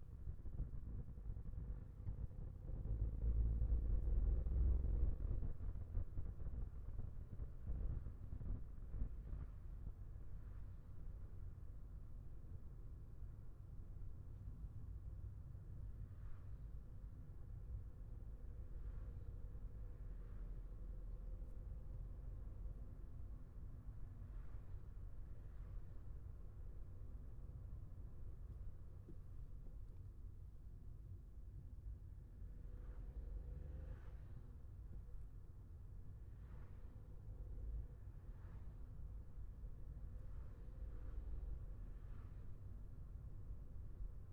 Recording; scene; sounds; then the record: everyday scene through a hearing-aid microphone; in a vehicle; engine, traffic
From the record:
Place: Skoda Fabia, gasoline engine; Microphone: behind the ear, left, front